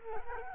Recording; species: mosquito wingbeat signal from an infrared sensor; Culex quinquefasciatus